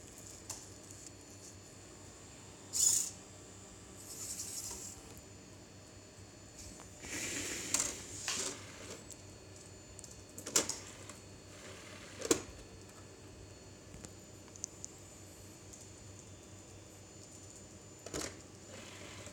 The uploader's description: A prototype automatic Compact Disc ripping machine.